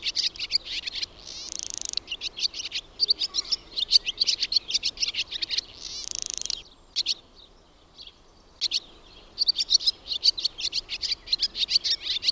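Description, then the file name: Barn swallow twittering: fast, chattering high notes with two dry buzzy rattles and a brief quiet gap before the chatter resumes. "HAARAPAASKY"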